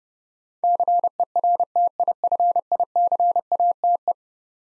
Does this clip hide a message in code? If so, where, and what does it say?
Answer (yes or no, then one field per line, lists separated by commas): yes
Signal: Morse code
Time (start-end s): 0.6-4.1 s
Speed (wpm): 30 wpm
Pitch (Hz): 700 Hz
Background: none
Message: CERTIFICATE